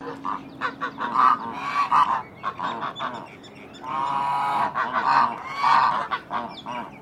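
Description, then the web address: Chinese goose honks: loud, nasal, trumpeting calls repeated in uneven bursts with a short lull in the middle. "Sound Effects-Foundation 1 BIRD GEESE CHINESE HONK"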